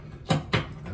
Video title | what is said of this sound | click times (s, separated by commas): How to fix bathroom hardware (fixture) that has become loose from Drywall - Home Improvement - DIY | sure you hear the clasp hear | 0.3 s, 0.5 s